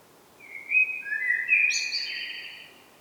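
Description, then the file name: Common blackbird song phrase, low fluty whistles sliding into a thin, scratchy high twitter at the end, over faint steady background noise. "Turdus merula"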